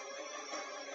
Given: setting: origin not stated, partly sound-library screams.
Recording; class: one-second piece from a danger detection set; woman in danger